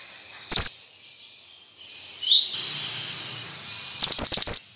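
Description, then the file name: Bird utters one high, slurred chirp, then a quiet gap with soft hiss, then a rapid burst of about five piercing tweets. Used as a lure for stressed birds; described as 'mantenan' sound. "Pancingan Ampuh Burung Stress Suara Mantenan"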